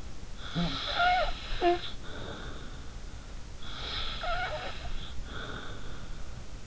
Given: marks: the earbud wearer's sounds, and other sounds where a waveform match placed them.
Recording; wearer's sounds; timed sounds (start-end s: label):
sounds in sleep by an in-ear microphone; snoring breath
0.33-2.93 s: snoring breath
3.52-6.18 s: snoring breath